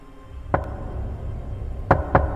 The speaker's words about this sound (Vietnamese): Có tiếng gõ cửa vang lên trong đêm lạnh toát. Chính là cái tiếng động này đã đánh thức Lương. Anh ngồi dậy lắng tai nghe, đúng là tiếng gõ cửa thật.